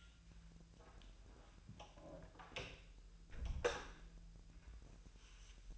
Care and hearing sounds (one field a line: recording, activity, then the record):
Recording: daily activity, microphone in the room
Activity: close door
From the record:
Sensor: 2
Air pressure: 1001.3 hPa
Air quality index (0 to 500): 244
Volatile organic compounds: 81 ppm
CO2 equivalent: 3612 ppm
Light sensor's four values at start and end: 10/24/10/10 and 10/24/10/10